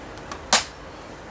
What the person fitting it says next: when you hear the click it's back in